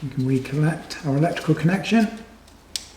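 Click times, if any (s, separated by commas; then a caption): 2.8 s. A man talks while the clutch coil wiring plug is pushed onto the AC compressor connector of a 2008–2020 Grand Caravan during an AC clutch kit install. A sharp click at 2.8 seconds marks the plug seating, and the safety tab is then pushed down.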